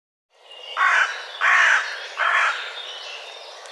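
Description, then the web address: Bird calling three loud, harsh, croaking notes about three-quarters of a second apart, followed by a softer fading call, with faint hiss behind. "cianscape birddata Deverinetal"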